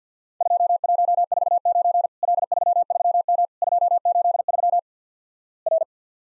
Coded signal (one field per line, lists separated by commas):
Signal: Morse code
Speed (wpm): 50 wpm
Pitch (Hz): 700 Hz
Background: none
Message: 2149 L33M 283 R